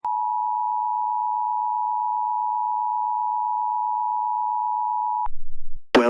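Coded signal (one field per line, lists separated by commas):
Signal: Emergency Alert System (SAME) tones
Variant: 853 and 960 Hz attention tone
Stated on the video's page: Recreated flash flood alert using valid EAS tones.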